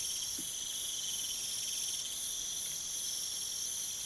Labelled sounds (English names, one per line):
none